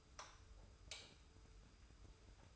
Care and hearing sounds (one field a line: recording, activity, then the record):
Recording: daily activity, microphone in the room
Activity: light off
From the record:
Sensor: 2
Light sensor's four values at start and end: 30/77/31/31 and 25/60/24/24